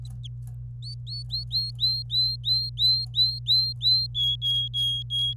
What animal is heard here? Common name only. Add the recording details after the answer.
Domestic Canary. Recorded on 26 April 2018 at 12:27. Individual llb3